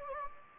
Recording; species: mosquito wingbeat signal from an infrared sensor; Anopheles gambiae